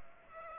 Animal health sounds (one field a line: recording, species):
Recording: mosquito wingbeat signal from an infrared sensor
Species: Aedes aegypti